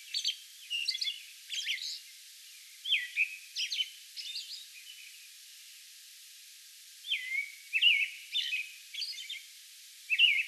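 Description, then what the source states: American robin song of rich whistled phrases and high-pitched squeaky notes in groups, with a brief quiet gap midway. Song bout recorded on May 11.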